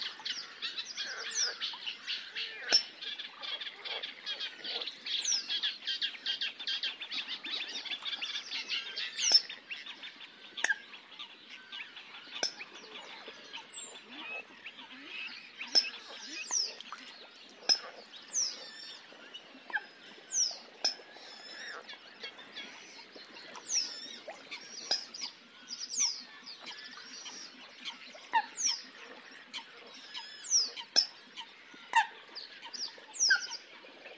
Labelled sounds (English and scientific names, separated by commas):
Eurasian Coot (Fulica atra) call